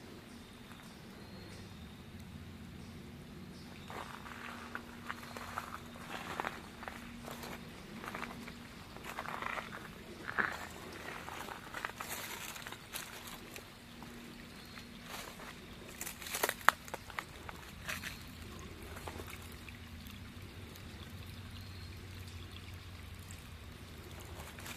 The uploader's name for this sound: Nature Walkabout in Fall